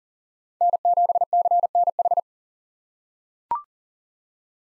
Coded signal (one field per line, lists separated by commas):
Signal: Morse code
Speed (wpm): 40 wpm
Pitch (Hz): 700 Hz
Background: none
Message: N7CNH